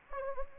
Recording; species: mosquito wingbeat signal from an infrared sensor; Anopheles gambiae